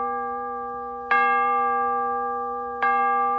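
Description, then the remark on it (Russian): A large bell hung on posts in a town square, rung early in the morning by a blind horse tugging with its teeth at the rope tied to its clapper, sounds two strong strikes, each a bright metallic clang whose rich overtones hum on and slowly fade between hits. No voices are present. “Колокол зазвонил так сильно, что народ, несмотря на то, что было еще рано, толпами стал сбегаться на площадь, желая знать, кто так громко требует его суда и защиты.”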